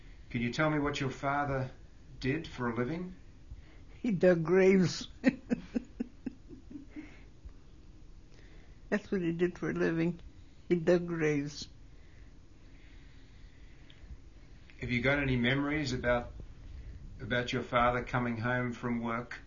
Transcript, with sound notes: Can you tell me what your father did for a living?
He dug graves. ( she laughs ) That's what he did for a living. He dug graves.
Have you got any memories about your father coming home from work?